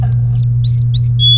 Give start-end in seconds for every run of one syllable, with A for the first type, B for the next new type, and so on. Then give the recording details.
0.64-1.09 A, 1.20-1.38 B. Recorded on 3 May 2018 at 08:09. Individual llb3